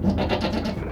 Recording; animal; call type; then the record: contact call of a hoofed animal; goat; low-frequency (closed-mouth) or high-frequency (open-mouth) call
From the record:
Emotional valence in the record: negative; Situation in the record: food frustration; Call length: 0.93 s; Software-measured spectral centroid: 1700 Hz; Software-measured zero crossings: 1230 a second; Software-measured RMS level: -24 dBFS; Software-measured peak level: -8 dBFS